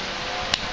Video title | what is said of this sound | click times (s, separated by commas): Large Ka-Bar TDI Knife Sheath by Matthew's Fabrication | you'll hear it snap now it's secure now you cannot remove this by | 0.5 s